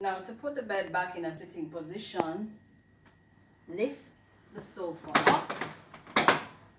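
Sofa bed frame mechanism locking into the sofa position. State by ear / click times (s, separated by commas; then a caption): seated / 6.3 s. Someone talks while a folded sofa bed is lifted and pushed back into its sitting position. Short rustling and knocking sounds build up, and the frame mechanism clicks and locks into the sofa position at 6.3 s.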